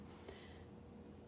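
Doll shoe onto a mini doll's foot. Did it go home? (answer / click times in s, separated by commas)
no / none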